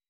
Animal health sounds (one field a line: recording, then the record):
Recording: hydrophone in a shrimp aquaculture tank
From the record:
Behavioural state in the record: weakened